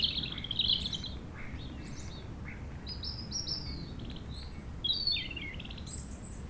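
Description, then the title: European robin singing bright, tinkling phrases that jump between high and lower notes, some trilled, with a low wind rush beneath. Chindrieux, France; sunny sloping lawn at Châtillon beach, sheltered from the north wind; robin singing not far away; wind rumbling in the trees. "Chem. des Rubellines, Chindrieux, France - rouge gorge"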